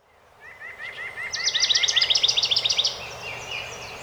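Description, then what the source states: House wren song opening with a series of short stuttered notes that build into a loud, rapid bubbling trill, then trail off into soft chatter. Recorded on 12 May 2018.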